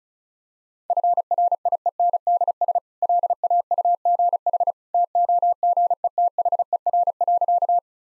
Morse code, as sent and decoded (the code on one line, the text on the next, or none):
..-. .-. .. . -. -.. ... / .-.. .- ..- --. .... / - --- --. . - .... . .-. .-.-.-
FRIENDS LAUGH TOGETHER.